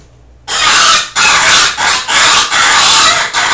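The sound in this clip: Rabbit squeal starting after half a second of quiet, then loud, harsh cries following each other in close succession.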